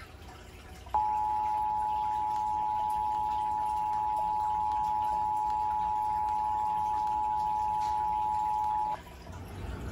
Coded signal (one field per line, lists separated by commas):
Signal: Emergency Alert System (SAME) tones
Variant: 853 and 960 Hz attention tone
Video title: New Jersey Required Monthly Test on WDPN-TV 2 (December 21, 2021) (EAS #320)